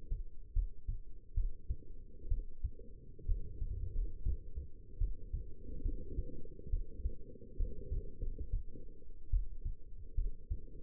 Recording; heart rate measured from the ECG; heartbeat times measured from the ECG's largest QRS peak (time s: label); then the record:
heart sounds by stethoscope; 69 bpm
0.53 s: heartbeat
1.34 s: heartbeat
2.28 s: heartbeat
3.26 s: heartbeat
3.92 s: heartbeat
4.98 s: heartbeat
5.82 s: heartbeat
6.70 s: heartbeat
7.57 s: heartbeat
8.20 s: heartbeat
9.30 s: heartbeat
10.15 s: heartbeat
From the record:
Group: healthy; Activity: rest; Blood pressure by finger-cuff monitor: 137/82 mmHg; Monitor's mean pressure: 99 mmHg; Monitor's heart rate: 71 bpm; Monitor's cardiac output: 6.4 L/min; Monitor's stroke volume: 90 mL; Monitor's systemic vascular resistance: 1150 dyn s/cm5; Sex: female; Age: 22 years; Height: 171 cm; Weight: 65.6 kg